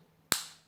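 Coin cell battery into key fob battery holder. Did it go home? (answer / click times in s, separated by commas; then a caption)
yes / 0.3 s. A new CR2025 coin cell battery is set into the battery holder of a 2001–2006 Acura MDX key fob and pushed down with the thumb. A single sharp, loud snap is heard at 0.3 s as the battery clicks into place. A bright crack decays over the following few tenths of a second, and no one talks.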